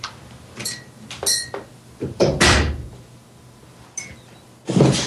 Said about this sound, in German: So, jetzt habt ihr alle gehört, wie sich anhört, wenn eine Tür zugeht.